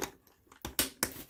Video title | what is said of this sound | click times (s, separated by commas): Adding a garage door switch-button to a Subaru Crosstrek/Forester | And that just snaps right in. Easy. Easy peasy. | 0.8 s, 1.0 s